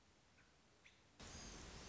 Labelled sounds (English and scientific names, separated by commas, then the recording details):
American Robin (Turdus migratorius)
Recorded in Sonoma County, California